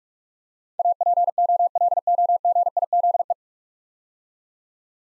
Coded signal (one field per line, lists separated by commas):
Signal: Morse code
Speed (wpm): 44 wpm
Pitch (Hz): 700 Hz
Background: none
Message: APOLOGIZE